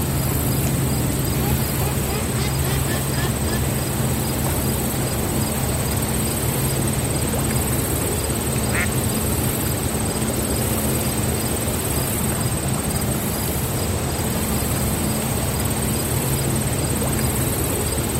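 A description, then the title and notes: Water laps steadily at a quiet marina under a low engine-like hum, with faint creaks and a brief bird call near nine seconds. Relaxing Sounds of a Quiet Marina. The creaking of the boats, the lapping of the waves, and the occasional seabird call create a tranquil soundscape. This episode features only natural soundscapes with no dialogue or voice.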